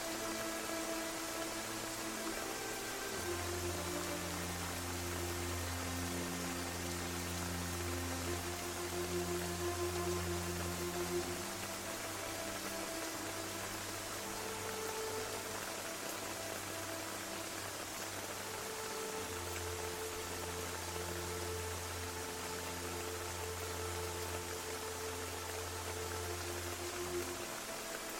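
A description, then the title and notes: Gentle rain hisses steadily throughout, an even bright wash beneath soft ambient music. Long, held synth tones drift slowly, with a deep low drone swelling in around three seconds, fading near fifteen, and returning from about nineteen seconds. No voices or sharp events. Gentle rain with ambient music for 7 more hours.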